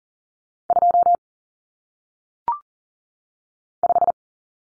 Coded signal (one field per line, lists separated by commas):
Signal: Morse code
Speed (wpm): 40 wpm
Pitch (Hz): 700 Hz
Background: none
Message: 2 5